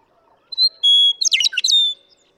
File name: Western Meadowlark